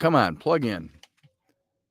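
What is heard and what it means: Someone talks for about a second while an audio jack is pushed toward a computer's socket, followed by a few faint, brief handling sounds around 1.0 to 1.5 seconds. The jack has not yet seated or clicked into place.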